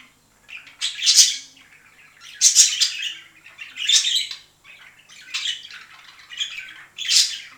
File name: penie volnistyx popugaev